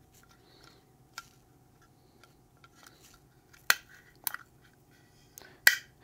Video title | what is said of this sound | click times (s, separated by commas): How to Install Tyrant CNC Intellifire™ Trigger for Sig Sauer P365 | that popped into place | 5.7 s